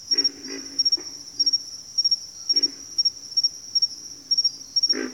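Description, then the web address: Pig frog calling: a few low, hoarse grunts, a quick pair near the start and single ones later. High insects trill in rapid pulses throughout. Recorded in a bayou; several pig frogs calling. "Echoes of Nature - Bayou 02 Pig Frogs"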